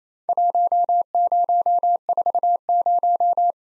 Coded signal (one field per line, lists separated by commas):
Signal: Morse code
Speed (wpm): 28 wpm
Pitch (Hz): 700 Hz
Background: none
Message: 1040